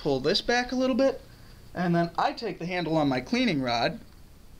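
Someone talks while pulling the slide of a Bruni Mod P4 blank pistol back slightly and taking up the handle of a cleaning rod to push the takedown switches in the frame back to their up position. Only talking is heard, with no mechanical sounds. Nothing has seated or clicked yet.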